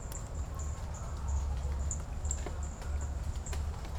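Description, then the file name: Hermogenes' toadlet call: a thin, very high chirp repeated roughly every half second over a steady low rumble. One individual, part of its call, recorded at Morro do Cantagalo, Caraguatatuba, Brazil, on 2 August 2018. "MHNCI Brachycephalus hermogenesi ind 1 parte do canto Morro do Cantagalo-Caraguatatuba"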